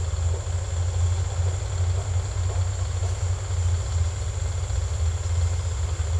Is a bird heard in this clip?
no